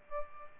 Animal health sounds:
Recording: mosquito wingbeat signal from an infrared sensor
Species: Aedes albopictus

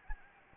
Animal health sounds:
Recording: mosquito wingbeat signal from an infrared sensor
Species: Anopheles gambiae

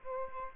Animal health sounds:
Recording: mosquito wingbeat signal from an infrared sensor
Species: Aedes aegypti

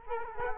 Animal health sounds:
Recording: mosquito wingbeat signal from an infrared sensor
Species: Culex quinquefasciatus

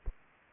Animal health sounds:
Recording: mosquito wingbeat signal from an infrared sensor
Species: Aedes aegypti

